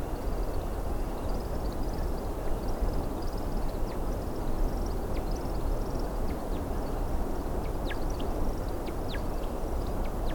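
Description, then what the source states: American woodcock flight song, high twittering notes giving way to sharp descending chirped whistles in the second half, over constant low noise. Another woodcock heard when the recordist thought the season's woodcocks were done for the year.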